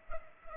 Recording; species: mosquito wingbeat signal from an infrared sensor; Culex pipiens